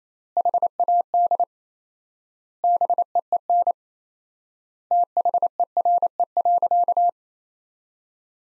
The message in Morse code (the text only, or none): HAD BEEN THERE.